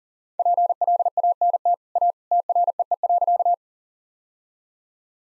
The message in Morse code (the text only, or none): PLANT A TREE.